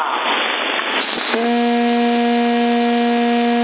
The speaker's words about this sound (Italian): C'è una tromba, ogni tanto stromba.